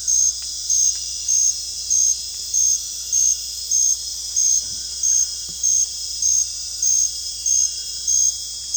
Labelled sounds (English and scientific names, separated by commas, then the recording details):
none
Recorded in dense forest near Puerto Asís, Putumayo, Colombia, on 21 December 2024 at 20:00
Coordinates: 0.486, -76.317
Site G003